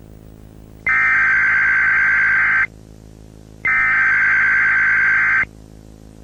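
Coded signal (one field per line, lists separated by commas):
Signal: Emergency Alert System (SAME) tones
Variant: header bursts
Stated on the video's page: EAS tones in a fictional scenario, not a real alert.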